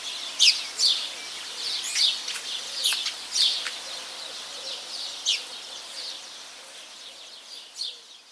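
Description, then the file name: Eurasian magpie calling with dry, scratchy chack notes in an uneven series, some closely paired, growing sparser and softer toward the end, with light background noise. "Pica pica"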